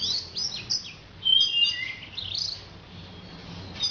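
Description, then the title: Orange-headed thrush song: a few high sweeping whistles and short chirps, then a brief, lower, clear phrase, with quiet gaps. "Anis Merah"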